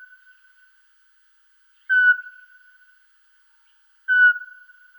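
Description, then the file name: Eurasian pygmy owl giving single pure whistled notes, two clear toots about two seconds apart over a faint steady tone. "sych vorobinyy golos"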